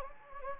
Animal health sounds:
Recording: mosquito wingbeat signal from an infrared sensor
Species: Anopheles gambiae

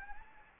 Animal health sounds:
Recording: mosquito wingbeat signal from an infrared sensor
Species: Anopheles arabiensis

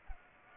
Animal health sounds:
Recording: mosquito wingbeat signal from an infrared sensor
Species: Culex pipiens

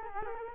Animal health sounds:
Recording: mosquito wingbeat signal from an infrared sensor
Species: Culex quinquefasciatus

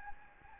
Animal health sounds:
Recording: mosquito wingbeat signal from an infrared sensor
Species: Anopheles gambiae

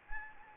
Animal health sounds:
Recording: mosquito wingbeat signal from an infrared sensor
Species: Anopheles gambiae

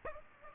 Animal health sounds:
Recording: mosquito wingbeat signal from an infrared sensor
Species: Aedes aegypti

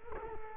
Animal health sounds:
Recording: mosquito wingbeat signal from an infrared sensor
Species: Culex quinquefasciatus

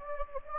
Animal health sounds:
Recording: mosquito wingbeat signal from an infrared sensor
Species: Anopheles gambiae

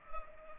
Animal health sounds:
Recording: mosquito wingbeat signal from an infrared sensor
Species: Culex pipiens

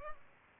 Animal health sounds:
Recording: mosquito wingbeat signal from an infrared sensor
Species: Culex pipiens

